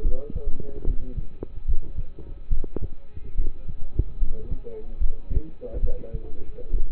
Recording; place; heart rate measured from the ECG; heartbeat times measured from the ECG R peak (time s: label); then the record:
heart sounds by stethoscope; between the tricuspid and mitral areas; 72 bpm
0.02 s: heartbeat
0.85 s: heartbeat
1.66 s: heartbeat
2.49 s: heartbeat
3.35 s: heartbeat
4.19 s: heartbeat
4.98 s: heartbeat
5.80 s: heartbeat
6.71 s: heartbeat
From the record:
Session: rest, lying down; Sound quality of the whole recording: partially saturated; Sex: male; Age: 27 years